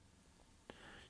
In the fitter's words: you can't quite hear it but it kind of snaps right in there and is nice and I mean it's